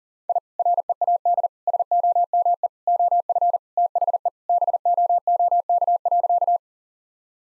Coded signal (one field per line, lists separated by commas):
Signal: Morse code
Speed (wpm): 40 wpm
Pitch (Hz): 700 Hz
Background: none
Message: I READ SOME OF THE BOOK.